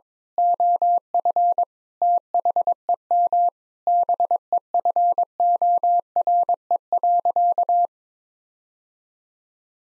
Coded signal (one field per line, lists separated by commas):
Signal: Morse code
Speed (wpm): 21 wpm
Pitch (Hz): 700 Hz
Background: none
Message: OF THEM BEFORE.